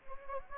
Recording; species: mosquito wingbeat signal from an infrared sensor; Anopheles gambiae